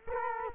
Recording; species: mosquito wingbeat signal from an infrared sensor; Culex quinquefasciatus